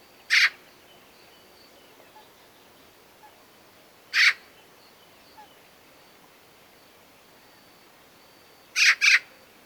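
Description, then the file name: Eurasian magpie calling with rough, scratchy single notes about four seconds apart, ending with a quick double note. "Pica pica"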